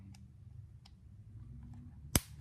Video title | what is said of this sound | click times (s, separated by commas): ShaftStrap Tutorial 02 | male rivets and applying the female rivet on top each time you should hear that snap | 2.2 s